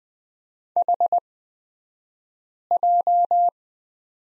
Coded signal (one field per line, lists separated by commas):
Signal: Morse code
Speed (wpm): 20 wpm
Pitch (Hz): 700 Hz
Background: none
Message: HJ